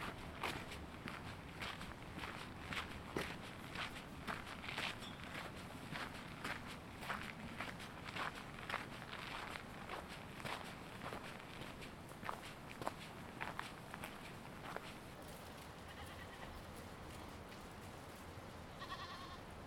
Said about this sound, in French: Puis là, il y a le gros troupeau de chèvres et de moutons, il y a les deux, qui, voilà, sont de passage autour de nous.